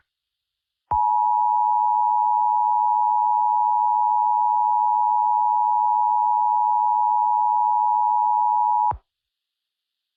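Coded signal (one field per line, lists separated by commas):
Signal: Emergency Alert System (SAME) tones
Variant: 853 and 960 Hz attention tone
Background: music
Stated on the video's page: Fictional EAS scenario alert about a Goikan occupation, using TTS voice and a siren sound.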